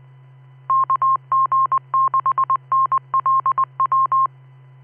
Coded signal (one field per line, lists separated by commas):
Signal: Morse code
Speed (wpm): 20 wpm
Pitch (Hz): 1060 Hz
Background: none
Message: KG6NLW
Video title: Let's Listen to 2m traffic! 05th of February 2026